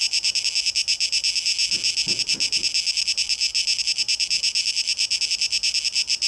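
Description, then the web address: Continuous shrill cicada buzz pulsing quickly throughout, with a short cluster of low knocks near the middle. Cicadas, 12 August 2023. "rauschpartikel 2023-08-12 Zikaden"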